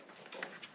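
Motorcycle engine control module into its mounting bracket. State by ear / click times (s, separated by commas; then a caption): seated / 0.4 s. A motorcycle engine control module on a 2023 CVO is reinstalled top edge first, then pushed in at the bottom into its mounting bracket holder. A soft rustling shuffle starts around 0.3 s, followed by a sharp, bright snap at 0.4 s and a fainter tick near 0.6 s. The module snaps into its holder and is secure.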